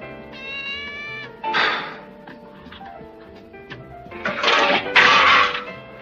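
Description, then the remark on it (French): A cat meows and yowls in a string of drawn-out, whiny calls, broken by two loud, harsh, raspy outbursts, with no talking. “Aïe, quoi, dis donc, tu m'as griffé, petite vache.”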